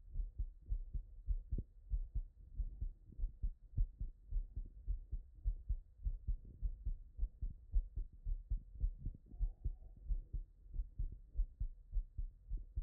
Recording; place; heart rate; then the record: heart sounds by stethoscope; Erb's point; 100 bpm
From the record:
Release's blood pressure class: normal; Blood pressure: 115/71 mmHg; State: after exercise